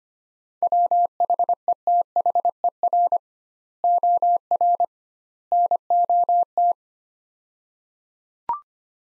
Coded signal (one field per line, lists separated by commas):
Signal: Morse code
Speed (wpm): 25 wpm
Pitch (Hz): 700 Hz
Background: none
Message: WHETHER OR NOT